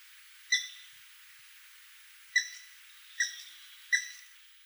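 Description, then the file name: Grey-headed woodpecker calling: four short ringing notes, spaced unevenly, over a faint steady hiss. Russia. "Pticy Rossii - Sedoj dyatel Picus canus"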